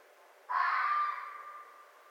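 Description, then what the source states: Red fox giving a single hoarse scream that starts abruptly and trails off over about a second against a faint background hiss. Recorded 4 May 2011.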